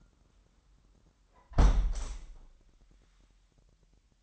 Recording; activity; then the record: daily activity, microphone in the room; close window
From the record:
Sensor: 3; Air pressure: 998.6 hPa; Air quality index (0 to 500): 130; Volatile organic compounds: 4 ppm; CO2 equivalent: 1561 ppm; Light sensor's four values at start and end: 8/20/8/9 and 8/19/8/8